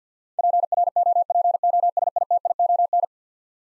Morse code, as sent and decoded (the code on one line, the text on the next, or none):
.--. .-. --- .--. --- ... .. - .. --- -.
PROPOSITION